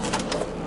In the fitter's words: it's just here for mock-up but everything works watch this that unlocks it